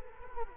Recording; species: mosquito wingbeat signal from an infrared sensor; Culex quinquefasciatus